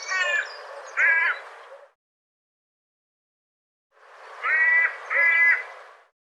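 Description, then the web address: Bird call pairs: two short, hoarse harmonic notes, then a two-second gap, then another pair of similar grating notes. "cianscape birddata"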